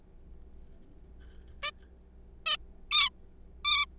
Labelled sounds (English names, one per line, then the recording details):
Zebra Finch
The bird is a juvenile
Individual R3428